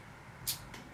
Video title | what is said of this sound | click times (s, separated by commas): Rebuilding a PC | That has also not gone well. That has just stripped the screw. | 0.7 s